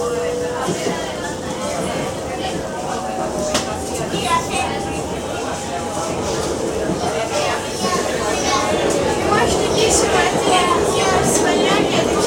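Aboard a train bound for Barcelona, passengers chat over a steady rumble and rattle. A thin motor whine runs through the first half, and the din of voices and rolling noise swells slightly louder toward the end.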